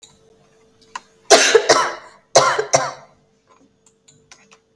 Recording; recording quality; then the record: heavy voluntary cough; excellent, no background noise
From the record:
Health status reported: COVID-19 positive, no symptoms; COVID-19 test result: positive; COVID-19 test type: RT-PCR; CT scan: not taken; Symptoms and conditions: cough, cold, sore throat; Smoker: no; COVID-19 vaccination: both doses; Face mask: worn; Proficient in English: yes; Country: India